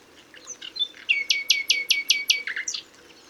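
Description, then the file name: Common nightingale song: a phrase of six loud, identical downslurred notes repeated quickly, framed by softer chirps before and a few sharp notes after. "Luscinia megarhynchos"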